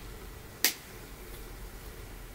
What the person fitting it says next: now you should hear a pop if you do don't be alarmed it's completely normal it's just the lens unseating itself from the grooves of the frame